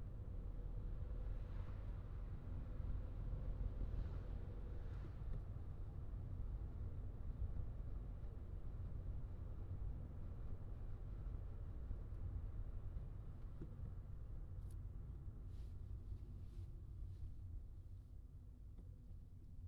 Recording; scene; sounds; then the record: everyday scene through a hearing-aid microphone; in a vehicle; engine, traffic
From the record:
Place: Skoda Fabia, gasoline engine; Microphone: in the ear canal, left